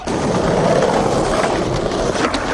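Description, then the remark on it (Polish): A skateboard rolls steadily over pavement at a skateboarding event in Lublin, Poland, a continuous gritty roar of wheels holding an even loudness throughout, with a couple of faint clicks near the end and no voices. “Na desce się nie siedzi, tylko jeździ, dawajcie tutaj, chodźcie, jeździmy.”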